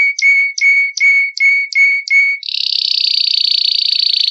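Canary song opening with six clear, evenly spaced whistled notes, then switching to a high, rapid buzzing roll.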